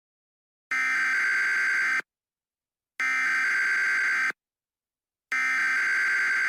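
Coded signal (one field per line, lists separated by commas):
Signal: Emergency Alert System (SAME) tones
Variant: header bursts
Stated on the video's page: Fictional EAS scenario.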